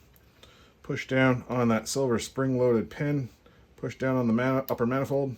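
The metal upper manifold of an older-generation First Strike T15 paintball marker is pressed down onto the marker body while the silver spring-loaded valve pin is held down, as someone talks throughout. Two faint ticks occur near the start, at 0.2 and 0.4 seconds, but the manifold has not locked into place; nothing has seated or clicked yet.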